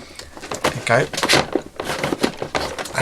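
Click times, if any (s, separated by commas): 0.6 s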